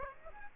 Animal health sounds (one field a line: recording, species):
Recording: mosquito wingbeat signal from an infrared sensor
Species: Aedes aegypti